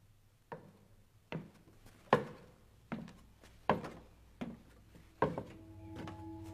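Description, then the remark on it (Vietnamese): Heavy footsteps clomp on wooden boards just outside a wooden doorway, about seven hollow thuds at a slow, steady pace over a low background hum, with faint ringing tones creeping in at the end. “Một hôm đang thiêu thiêu ngủ thì bất chợt thằng Dũng nghe tiếng bước chân của ai đó lộc cộc ngay bên ngoài cái chỗ bậu cửa gỗ.”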